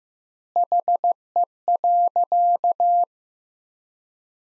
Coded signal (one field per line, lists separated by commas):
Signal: Morse code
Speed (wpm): 16 wpm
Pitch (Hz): 700 Hz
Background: none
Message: HE.